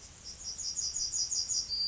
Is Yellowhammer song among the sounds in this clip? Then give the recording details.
yes. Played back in grassland. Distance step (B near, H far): D. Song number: 048